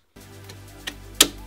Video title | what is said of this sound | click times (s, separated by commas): STUFF: Editing/Gaming Build Part Two - The Build | then it'll be locked into place and that's how it should be it should be tight it shouldn't be loose | 1.2 s